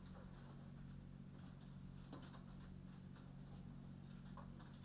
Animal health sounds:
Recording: poultry house recording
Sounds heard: no chicken sound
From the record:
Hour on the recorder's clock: 20

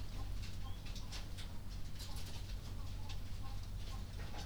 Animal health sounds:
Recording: poultry house recording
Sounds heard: healthy chickens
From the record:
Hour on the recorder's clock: 20

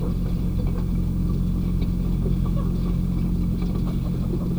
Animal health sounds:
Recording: poultry house recording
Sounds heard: sick chickens (respiratory disease)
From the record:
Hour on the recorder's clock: 1

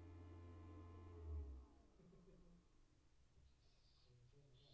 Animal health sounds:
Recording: poultry house recording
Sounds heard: no chicken sound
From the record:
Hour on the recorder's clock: 18

